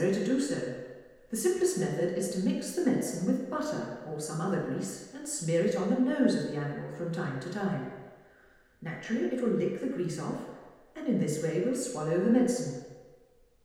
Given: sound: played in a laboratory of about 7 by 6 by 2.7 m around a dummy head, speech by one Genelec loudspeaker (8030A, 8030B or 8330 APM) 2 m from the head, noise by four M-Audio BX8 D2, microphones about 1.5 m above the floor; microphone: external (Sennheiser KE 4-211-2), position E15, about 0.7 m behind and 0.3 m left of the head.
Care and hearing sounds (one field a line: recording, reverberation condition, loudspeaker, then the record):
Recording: female speech in English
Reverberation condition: high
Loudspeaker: 90 degrees to the left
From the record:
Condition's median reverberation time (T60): about 1300 ms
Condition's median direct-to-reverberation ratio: about -4.0 dB